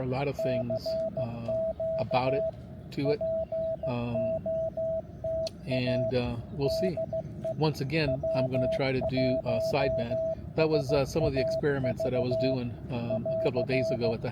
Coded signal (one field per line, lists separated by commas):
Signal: Morse code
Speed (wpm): 16 wpm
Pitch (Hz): 660 Hz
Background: speech, radio noise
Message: CQ POTA DE W1SAV <AR>